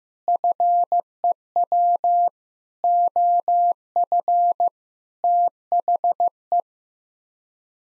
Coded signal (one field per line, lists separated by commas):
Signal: Morse code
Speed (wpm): 15 wpm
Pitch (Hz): 700 Hz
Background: none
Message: FEW OF THE